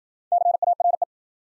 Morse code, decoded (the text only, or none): CARE